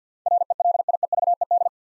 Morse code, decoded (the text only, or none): RELIEVED